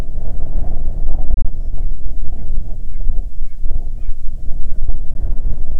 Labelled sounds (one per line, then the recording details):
bird
wind
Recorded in the Arctic National Wildlife Refuge, Alaska, on 9 July 2019 at 22:19
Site 48